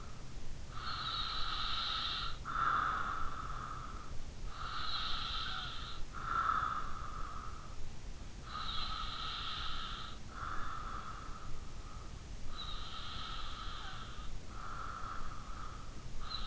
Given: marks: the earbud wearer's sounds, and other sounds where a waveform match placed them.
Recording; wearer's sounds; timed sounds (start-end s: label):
sounds in sleep by an in-ear microphone; breath
0.59-4.07 s: breath
4.41-12.07 s: breath
12.39-16.47 s: breath